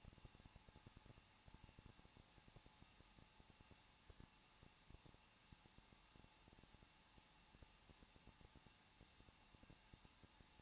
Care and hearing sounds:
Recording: daily activity, microphone in the room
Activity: no activity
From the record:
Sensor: 1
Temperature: 20.1 degrees Celsius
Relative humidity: 39.1%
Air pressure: 1006.4 hPa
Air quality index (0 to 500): 216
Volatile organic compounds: 74 ppm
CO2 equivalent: 3552 ppm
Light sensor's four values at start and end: 1/2/1/1 and 1/2/1/1

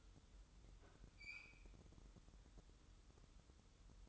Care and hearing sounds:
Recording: daily activity, microphone in the room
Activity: open fridge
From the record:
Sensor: 3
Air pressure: 988.4 hPa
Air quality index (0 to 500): 190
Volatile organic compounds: 261 ppm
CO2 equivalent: 4390 ppm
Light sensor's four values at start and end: 24/74/31/27 and 24/74/31/27

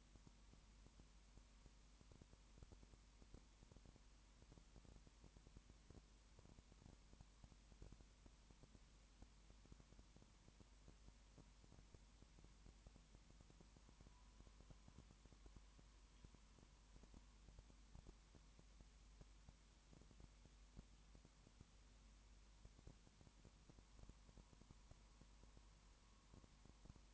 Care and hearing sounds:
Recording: daily activity, microphone in the room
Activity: no activity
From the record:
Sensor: 1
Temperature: 19.7 degrees Celsius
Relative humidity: 40.5%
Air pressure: 1010.6 hPa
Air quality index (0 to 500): 209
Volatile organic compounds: 56 ppm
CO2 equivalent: 3373 ppm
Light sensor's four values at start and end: 1/2/1/1 and 1/2/1/1

